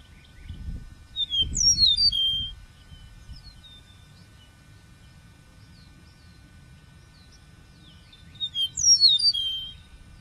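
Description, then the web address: Bird song: bright, high descending warbled phrases repeat twice, roughly seven seconds apart, with faint chirps in between and low rumbling noise at the start. Many birds, recorded 12 March 2006 at 12:33 PM in Bexar. "bexar Many Birds 20060312 PM 123335"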